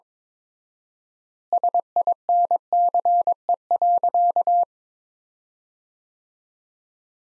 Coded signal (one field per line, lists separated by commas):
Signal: Morse code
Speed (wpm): 21 wpm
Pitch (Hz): 700 Hz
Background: none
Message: SINCE.